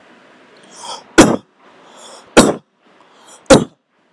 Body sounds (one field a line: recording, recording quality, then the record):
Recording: heavy voluntary cough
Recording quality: excellent, no background noise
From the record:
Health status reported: healthy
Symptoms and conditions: none ticked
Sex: male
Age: 37 years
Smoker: not ticked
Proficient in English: yes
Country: India